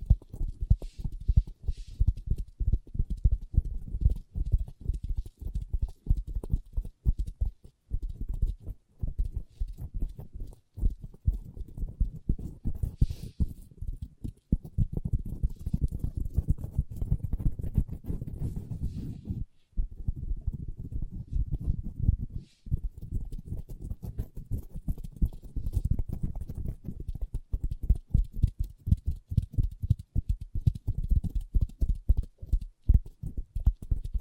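Long nails tap and scratch on a table in quick, busy runs of crisp clicks that barely pause. The taps are mostly low and knocking, with brief scratchy brushes mixed in. Short gaps break the rhythm near 8, 11 and 20 seconds.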